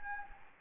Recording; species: mosquito wingbeat signal from an infrared sensor; Anopheles gambiae